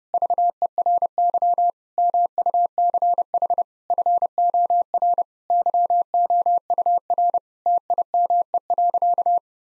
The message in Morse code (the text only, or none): VERY MUCH FOR YOUR TIME.